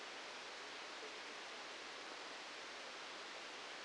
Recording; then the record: brain microelectrode recording played as sound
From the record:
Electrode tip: outside the subthalamic nucleus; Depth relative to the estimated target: -6 mm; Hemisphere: right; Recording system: NeuroSet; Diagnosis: Parkinson's disease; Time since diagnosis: 13 years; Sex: male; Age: 65 years